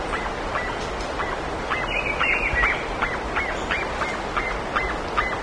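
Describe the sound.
Bird calls as repeated nasal honks, close to three a second, with brief high chirps midway, over continuous hiss.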